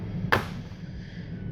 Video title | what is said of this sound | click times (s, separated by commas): WRX Clutch Job With Story Time~ | pop pops right in | 0.3 s